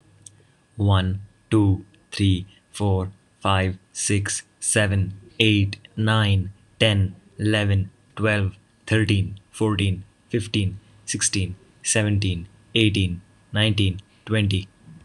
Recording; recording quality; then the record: counting at a normal pace; excellent, no background noise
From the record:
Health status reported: healthy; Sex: male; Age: 18 years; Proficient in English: yes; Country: India